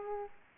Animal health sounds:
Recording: mosquito wingbeat signal from an infrared sensor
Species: Aedes aegypti

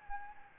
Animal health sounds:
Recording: mosquito wingbeat signal from an infrared sensor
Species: Anopheles gambiae

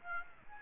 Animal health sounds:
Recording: mosquito wingbeat signal from an infrared sensor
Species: Aedes aegypti

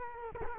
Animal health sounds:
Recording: mosquito wingbeat signal from an infrared sensor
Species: Culex quinquefasciatus

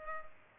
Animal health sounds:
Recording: mosquito wingbeat signal from an infrared sensor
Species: Culex pipiens

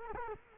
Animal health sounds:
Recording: mosquito wingbeat signal from an infrared sensor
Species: Culex quinquefasciatus

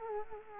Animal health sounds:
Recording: mosquito wingbeat signal from an infrared sensor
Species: Culex quinquefasciatus

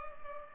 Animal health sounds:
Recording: mosquito wingbeat signal from an infrared sensor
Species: Culex pipiens

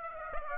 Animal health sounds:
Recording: mosquito wingbeat signal from an infrared sensor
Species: Aedes aegypti

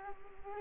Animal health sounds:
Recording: mosquito wingbeat signal from an infrared sensor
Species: Culex quinquefasciatus

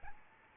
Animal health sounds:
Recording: mosquito wingbeat signal from an infrared sensor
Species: Aedes albopictus

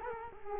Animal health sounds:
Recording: mosquito wingbeat signal from an infrared sensor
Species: Culex quinquefasciatus

